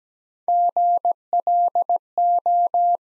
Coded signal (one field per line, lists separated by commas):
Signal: Morse code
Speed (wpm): 17 wpm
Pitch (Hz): 700 Hz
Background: none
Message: GLO